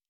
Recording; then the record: hydrophone in a shrimp aquaculture tank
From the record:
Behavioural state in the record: normal